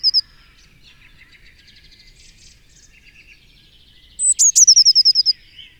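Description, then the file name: Eurasian blue tit song: after soft chattering in the background, one phrase of sharp high notes runs into a fast, even trill. "Cyanistes caeruleus"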